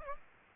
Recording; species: mosquito wingbeat signal from an infrared sensor; Aedes aegypti